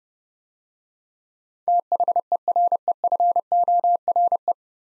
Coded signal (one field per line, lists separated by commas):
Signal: Morse code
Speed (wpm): 30 wpm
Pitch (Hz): 700 Hz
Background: none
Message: THEREFORE